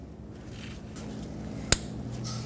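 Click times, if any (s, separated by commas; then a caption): 1.7 s. The new upstream oxygen sensor's wiring plug on a 2011-2016 Ford F-350 with the 6.2L V8 is pushed into the vehicle's wiring harness connector. A single sharp click is heard at 1.7 s over a low, steady background hum. The connector latches and is locked in.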